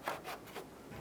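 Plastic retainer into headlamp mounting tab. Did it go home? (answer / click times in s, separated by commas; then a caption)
no / none. A plastic retainer is handled at the headlamp mounting tab of a 2006-2013 Chevrolet Impala during bumper shock absorber replacement. Soft rubbing and scraping are heard, with a brief louder burst near 0.1 s and quieter rustles after. Nothing has seated or clicked yet.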